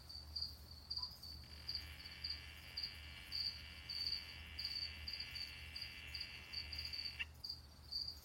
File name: Adelphobates galactonotus calling